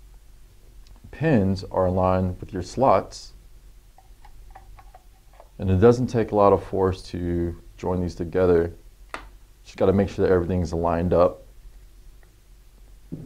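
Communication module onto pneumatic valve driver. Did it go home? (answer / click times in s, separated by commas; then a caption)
yes / 9.1 s. A communication module of an Isys Micro pneumatic valve system is pressed onto the valve driver with its pins aligned to the slots, while someone talks. A sharp, loud click at 9.1 s marks the module snapping into place. Faint ticks are heard around 4–5 s.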